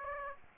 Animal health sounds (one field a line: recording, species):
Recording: mosquito wingbeat signal from an infrared sensor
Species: Aedes aegypti